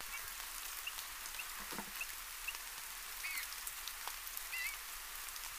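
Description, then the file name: Eurasian bullfinch calls: short soft piping notes repeated roughly every half second, then two longer wavering whistles, all over constant rain-like hiss. "Pyrrhula pyrrhula"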